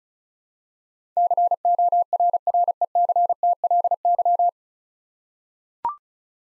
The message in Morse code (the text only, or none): CORRECTLY